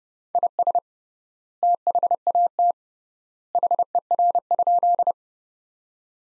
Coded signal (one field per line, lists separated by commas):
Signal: Morse code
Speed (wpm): 29 wpm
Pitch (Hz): 700 Hz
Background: none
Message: IS THAT HER?